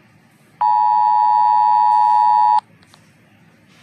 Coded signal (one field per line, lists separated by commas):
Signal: Emergency Alert System (SAME) tones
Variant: 853 and 960 Hz attention tone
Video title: Rating EAS alarms